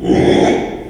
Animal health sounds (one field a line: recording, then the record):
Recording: squeal of a Yucatan mini pig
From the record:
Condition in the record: after surgery on the right vocal fold (resection and tissue-engineered implant)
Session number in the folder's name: 3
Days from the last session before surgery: 33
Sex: male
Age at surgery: 12 weeks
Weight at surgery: 13 kg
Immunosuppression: cyclosporine, prednisolone